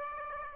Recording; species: mosquito wingbeat signal from an infrared sensor; Aedes aegypti